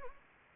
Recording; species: mosquito wingbeat signal from an infrared sensor; Anopheles gambiae